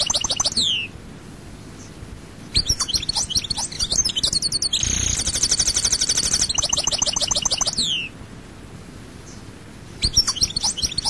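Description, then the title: European goldfinch song: fast twittering phrases and a sustained buzzy trill, ending with a downward slur, framed by short quiet gaps. "Chant Chardonneret"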